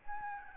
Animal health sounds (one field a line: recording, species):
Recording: mosquito wingbeat signal from an infrared sensor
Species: Aedes albopictus